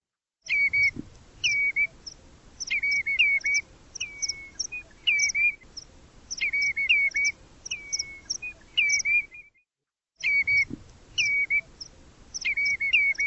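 Bird singing a patterned phrase again and again: high clipped notes, then a falling whistle leading into a steady tone, with a short silent gap near the end.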